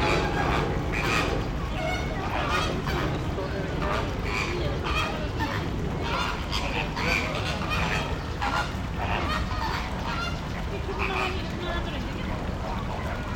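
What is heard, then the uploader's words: A crowd of flamingos keeps up a dense, continuous chorus of honking and goose-like calls, short overlapping bursts every fraction of a second with no pause. A steady low rumble of city noise and faint voices sits underneath throughout. Flamingos in Kowloon Park.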